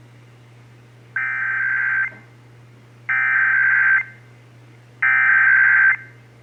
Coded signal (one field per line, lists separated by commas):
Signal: Emergency Alert System (SAME) tones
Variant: header bursts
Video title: (EAS #489-497) July 2023 Texas Required Monthly Test